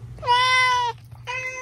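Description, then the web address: Cat meowing: one long, clear meow followed by a shorter second meow, with a faint low hum underneath. "Fun Byte Whisker meow"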